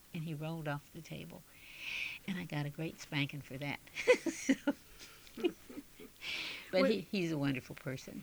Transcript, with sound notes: and he rolled off the table. And I got a great spanking for that. (she laughs) So. But he, he's a wonderful person.